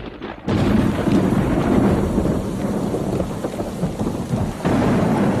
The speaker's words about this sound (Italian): Una notte, mentre usciva da una festa in maschera, sa, una di quelle notti d'inverno, piene di lampi e tuoni.